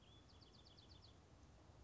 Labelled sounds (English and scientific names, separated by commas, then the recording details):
Bewick's Wren (Thryomanes bewickii)
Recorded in Sonoma County, California